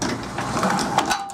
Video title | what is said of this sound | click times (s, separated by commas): Automatisme Athena | Voilà, donc là ça s'est enclenché. | 1.0 s